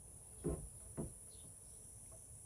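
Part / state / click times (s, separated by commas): cordless tool battery pack onto its charger dock / not seated / none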